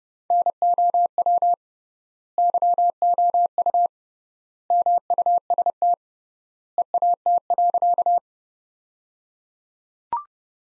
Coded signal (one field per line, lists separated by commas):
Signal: Morse code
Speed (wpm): 30 wpm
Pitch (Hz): 700 Hz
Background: none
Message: NOW YOU MUST EAT.